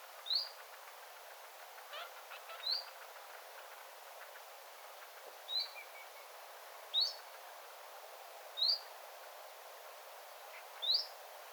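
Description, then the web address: Common chiffchaff repeating a thin, rising whistled call six times at irregular intervals of one and a half to three seconds, with faint soft background sounds. Calls recorded beside a bird tower on 9 September 2025. "9 9 2025 tiltaltin aantelya lintutornin vierella"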